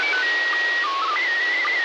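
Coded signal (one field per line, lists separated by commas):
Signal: SSTV (slow-scan television)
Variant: PD 120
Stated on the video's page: Live stream of amateur repeaters on 145.390 and 146.700.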